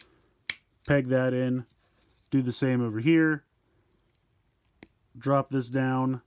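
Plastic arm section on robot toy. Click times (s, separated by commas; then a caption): 0.5 s. A plastic part on the arm of a Shinkansen Henkei Robo Shinkalion Z Dark Shinkalion robot toy is pushed up after a side panel slides back. It snaps into place with a sharp click at 0.5 s, and the arm section is seated. Someone talks throughout.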